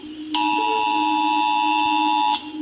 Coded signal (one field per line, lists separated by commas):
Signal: Emergency Alert System (SAME) tones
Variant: 853 and 960 Hz attention tone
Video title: eas alarms